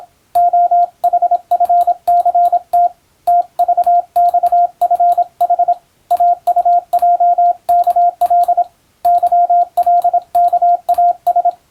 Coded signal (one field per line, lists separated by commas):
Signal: Morse code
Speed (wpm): 26 wpm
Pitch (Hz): 700 Hz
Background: radio noise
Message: OHFCT TVXFH AUJKL YLKAS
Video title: モールス練習ビデオ、スマホ時代の今でも行われているモールスの国家試験の練習風景です。アマチュア無線ハムの受信練習にもどうぞ(morse code practice radio operator )